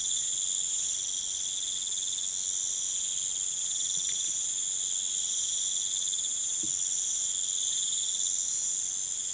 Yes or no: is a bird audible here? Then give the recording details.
no. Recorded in pastures near Puerto Asís, Putumayo, Colombia, on 30 June 2025 at 00:00. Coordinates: 0.486, -76.323. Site H29